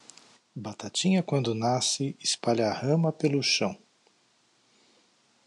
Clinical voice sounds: short text; Brazilian Portuguese; male; 50 to 59 years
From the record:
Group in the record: control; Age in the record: 56 years

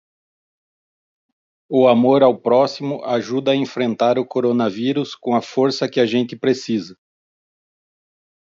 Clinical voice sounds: spoken sentence; Brazilian Portuguese; male; 40 to 49 years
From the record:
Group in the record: control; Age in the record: 42 years

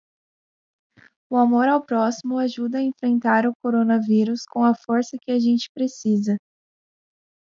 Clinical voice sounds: spoken sentence; Brazilian Portuguese; female; 20 to 29 years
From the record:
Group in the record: control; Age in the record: 21 years

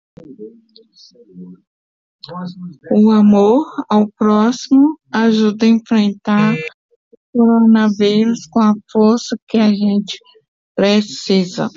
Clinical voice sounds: spoken sentence; Brazilian Portuguese; female; 60 to 69 years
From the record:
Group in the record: control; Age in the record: 64 years

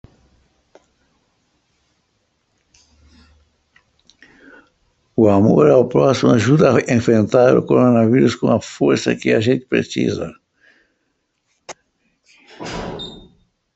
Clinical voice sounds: spoken sentence; Brazilian Portuguese; male; 60 to 69 years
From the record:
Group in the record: control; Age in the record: 69 years

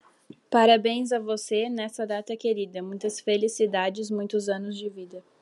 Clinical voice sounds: short text; Brazilian Portuguese; female; 18 to 19 years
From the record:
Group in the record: control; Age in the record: 19 years

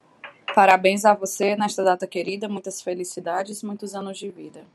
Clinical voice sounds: short text; Brazilian Portuguese; female; 30 to 39 years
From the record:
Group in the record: control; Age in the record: 30 years

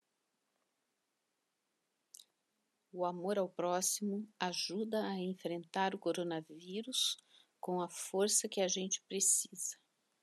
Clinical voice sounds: spoken sentence; Brazilian Portuguese; female; 60 to 69 years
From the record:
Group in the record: control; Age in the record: 61 years

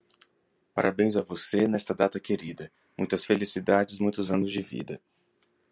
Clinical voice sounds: short text; Brazilian Portuguese; male; 30 to 39 years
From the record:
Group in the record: control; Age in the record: 38 years

